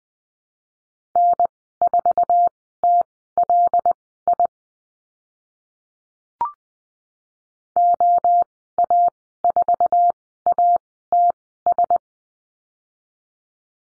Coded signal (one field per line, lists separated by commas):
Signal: Morse code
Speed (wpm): 20 wpm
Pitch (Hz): 700 Hz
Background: none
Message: N4TLI OA4ATS